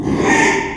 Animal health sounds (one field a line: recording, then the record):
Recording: squeal of a Yucatan mini pig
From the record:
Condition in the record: after surgery on the right vocal fold (resection and tissue-engineered implant)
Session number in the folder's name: 3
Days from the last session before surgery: 33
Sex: male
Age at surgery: 12 weeks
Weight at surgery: 13 kg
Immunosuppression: cyclosporine, prednisolone